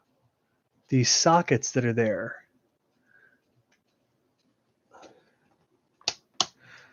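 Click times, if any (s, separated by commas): 6.1 s, 6.4 s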